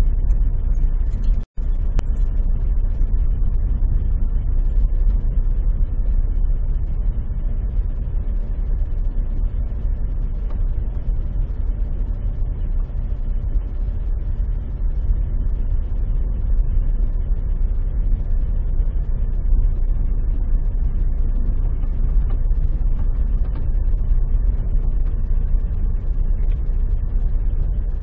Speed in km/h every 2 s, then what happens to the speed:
8, 8, 8, 8, 8, 8, 8, 8, 8, 8, 8, 8, 8, 8.
0-28 steady at about 8.